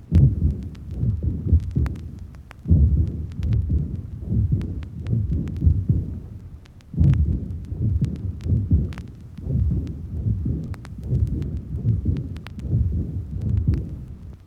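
Steady, slow, low-pitched heartbeat heard through a stethoscope in an adult, with a rumbling, whooshing sound between beats: a heart murmur.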